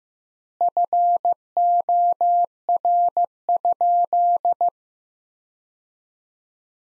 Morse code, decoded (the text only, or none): FOR?